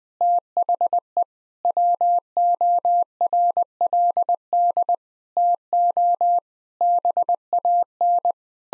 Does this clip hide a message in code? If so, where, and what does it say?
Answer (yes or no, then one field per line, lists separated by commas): yes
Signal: Morse code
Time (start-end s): 0.2-8.3 s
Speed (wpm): 21 wpm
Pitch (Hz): 700 Hz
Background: none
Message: THE WORLD TO BAN